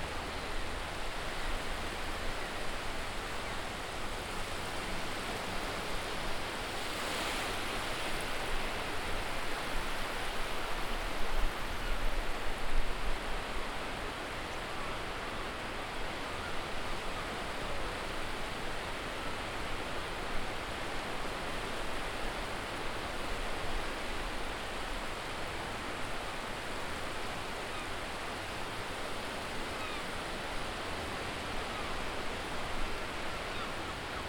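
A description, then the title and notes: A calm sea at low tide makes a steady, dense hiss of water that fills the whole clip without pause. A brief brighter splash comes around seven seconds, and the wash swells slightly louder between about ten and thirteen seconds before settling again. A relaxing hour of sounds reecorded on Brighton Beach UK. Beach & Sea Ambience.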